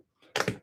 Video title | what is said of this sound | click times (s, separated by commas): LEGO Star Wars Imperial Remnant AT-AT LIVE BUILD! | Pretty pretty tame click. | 0.4 s